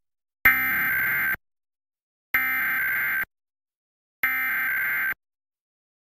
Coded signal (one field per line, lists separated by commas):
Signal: Emergency Alert System (SAME) tones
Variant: header bursts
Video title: Connecticut's Monthly Test on WFSB Hartford, Connecticut (5/14/2024) (EAS #118)